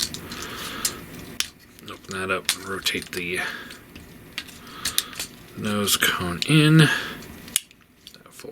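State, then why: Seated. A plastic nose cone on a transforming robot action figure is folded up into the figure's body while someone talks, with light plastic handling clicks and rattles throughout. At 7.6 s a sharp click is heard as the nose cone locks into place.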